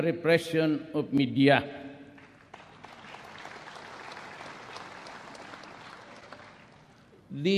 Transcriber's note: applause